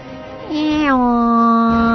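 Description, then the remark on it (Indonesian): A person's voice imitates the meow of the cat character, Pak Kucing, in an Indonesian fable: one drawn-out, tonal call that starts low, bends upward, then settles into a steady, fairly loud held note. “Eong, eong.”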